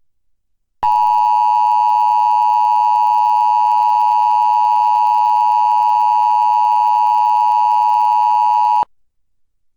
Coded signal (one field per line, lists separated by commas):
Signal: Emergency Alert System (SAME) tones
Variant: 853 and 960 Hz attention tone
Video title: EAS #513: EAS Required Weekly Test- June 1, 2021- 11:58AM PDT